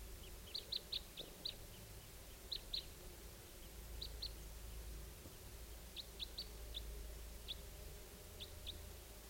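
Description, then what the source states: Red Crossbill flight calls, short sharp chips in loose clusters repeated throughout, over a steady low rumble of background noise. Type 2; a couple flying around and passing right over.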